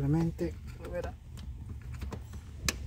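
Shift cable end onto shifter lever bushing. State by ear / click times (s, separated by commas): seated / 2.7 s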